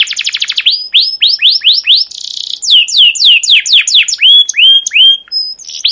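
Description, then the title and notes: Canary song: a fast trill, then a series of loud sweeping whistled slurs roughly four per second, ending in thinner high notes. Long emotive chirping 'ngerol' canary song with 'cuit cuit' notes, used as a lure and master recording for young canaries learning to sing. "CUIT CUIT NGEROL LANGSUNG GACOR PANJANG Kenari Ini Utk Pancingan KENAR. PANCINGAN Kenari GACOR PANJANG Cuit CUIT EMOSI ini utk MASTERAN Kenari PAUD belajar BUNYI. burung kenari"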